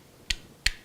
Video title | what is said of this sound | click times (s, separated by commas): Upgrading and cloning new NVMe SSD on NEW Dell XPS 9510 laptop | you'll see that we pull this little rubber post back and it just locks in place | 0.3 s, 0.7 s